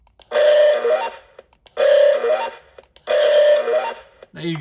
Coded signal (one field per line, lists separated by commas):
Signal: none